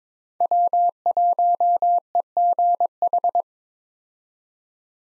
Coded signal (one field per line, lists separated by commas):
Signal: Morse code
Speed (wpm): 22 wpm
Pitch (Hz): 700 Hz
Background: none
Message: W1EGH